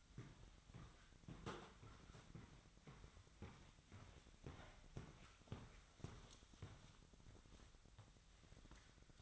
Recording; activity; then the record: daily activity, microphone in the room; walk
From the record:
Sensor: 3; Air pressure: 1001.5 hPa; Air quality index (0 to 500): 225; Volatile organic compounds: 32 ppm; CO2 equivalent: 2994 ppm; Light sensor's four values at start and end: 11/35/15/13 and 6/18/7/7